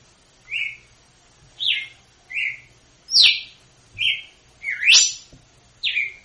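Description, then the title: Red-cowled cardinal song of clear whistled syllables, mixed falling and rising slurs, separated by short gaps, with a faint low hum beneath. Female; açoite song type, used to teach young birds; Northeast Brazil singing style. "Canto Galo Campina Fêmea. GALO DE CAMPINA/ AÇOITE PARA ENSINAR FILHOTE (CANTO DO NORDESTE)"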